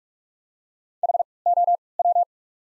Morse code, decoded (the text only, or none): HOW